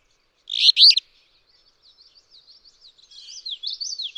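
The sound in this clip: Alder flycatcher delivering a single short, burry phrase, followed by a faint, then louder series of high, slurred notes from another bird.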